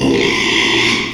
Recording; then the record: squeal of a Yucatan mini pig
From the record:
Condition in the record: after surgery on the right vocal fold (resection and tissue-engineered implant); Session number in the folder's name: 1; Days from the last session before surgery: 6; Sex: male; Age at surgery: 12 weeks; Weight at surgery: 13 kg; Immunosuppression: cyclosporine, prednisolone